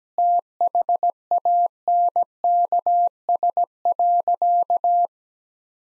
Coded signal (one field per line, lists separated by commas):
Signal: Morse code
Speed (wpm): 17 wpm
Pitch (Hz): 700 Hz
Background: none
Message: THANKS.